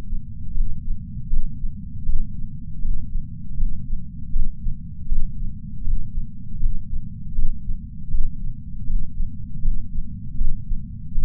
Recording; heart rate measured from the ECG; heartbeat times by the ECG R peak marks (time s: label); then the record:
heart sounds by patch sensor on the chest; 79 bpm
0.55 s: heartbeat
1.31 s: heartbeat
2.06 s: heartbeat
2.82 s: heartbeat
3.57 s: heartbeat
4.33 s: heartbeat
5.09 s: heartbeat
5.85 s: heartbeat
6.60 s: heartbeat
7.36 s: heartbeat
8.12 s: heartbeat
8.87 s: heartbeat
9.62 s: heartbeat
10.38 s: heartbeat
11.15 s: heartbeat
From the record:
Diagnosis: coronary artery disease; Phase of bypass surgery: postoperative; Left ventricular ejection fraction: 43.8%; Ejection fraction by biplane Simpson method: 45%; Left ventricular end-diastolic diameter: 59 mm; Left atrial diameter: 36 mm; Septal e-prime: 6.9 cm/s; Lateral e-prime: 6.4 cm/s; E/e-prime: 9.2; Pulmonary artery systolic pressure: 22 mmHg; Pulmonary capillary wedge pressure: 19 mmHg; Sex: male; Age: 57 years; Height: 183 cm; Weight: 85 kg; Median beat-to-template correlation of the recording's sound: 0.89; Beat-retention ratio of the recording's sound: 0.99